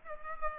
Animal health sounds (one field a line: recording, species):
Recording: mosquito wingbeat signal from an infrared sensor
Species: Aedes aegypti